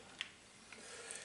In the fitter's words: you can see you can hear that there's a click